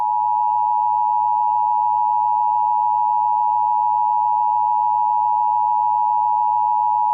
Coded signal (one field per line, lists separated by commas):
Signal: Emergency Alert System (SAME) tones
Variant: 853 and 960 Hz attention tone